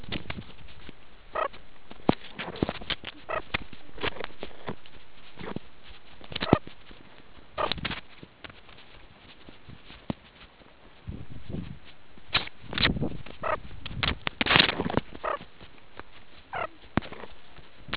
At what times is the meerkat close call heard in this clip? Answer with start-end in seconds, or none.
1.33-1.50, 3.27-3.42, 6.40-6.62, 7.57-7.68, 13.40-13.57, 15.22-15.38, 16.50-16.69